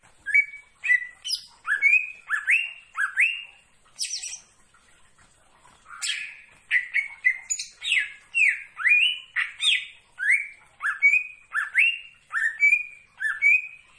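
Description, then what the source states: Leafbird song: long, lively sequence of varied whistles and sharp notes, mostly falling or rising slurs, with one short gap midway. Bird singing actively, described as gacor, meaning vigorous continuous singing.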